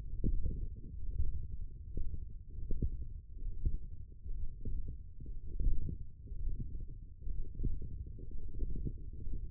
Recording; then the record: forearm muscle sounds (acoustic myography)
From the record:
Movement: radial deviation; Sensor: system 1, eight BSWA MPA416 microphones around the upper forearm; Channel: 7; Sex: male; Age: 21 years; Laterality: right